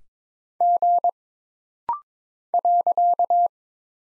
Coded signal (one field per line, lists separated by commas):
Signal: Morse code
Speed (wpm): 22 wpm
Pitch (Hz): 700 Hz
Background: none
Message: G .